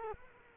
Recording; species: mosquito wingbeat signal from an infrared sensor; Culex quinquefasciatus